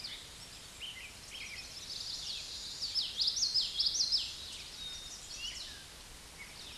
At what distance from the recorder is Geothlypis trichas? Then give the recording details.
about 10 m. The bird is about level with the microphone. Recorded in a Pennsylvania forest on 16 May 2024 at 08:14. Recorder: AudioMoth, point MSD-1418. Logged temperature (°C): 16.4 °C. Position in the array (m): 222 m, 185 m